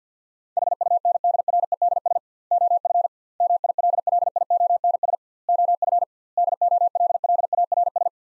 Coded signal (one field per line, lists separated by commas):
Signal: Morse code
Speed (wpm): 50 wpm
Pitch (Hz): 700 Hz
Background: none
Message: HUNDREDS OF MILLIONS OF DOLLARS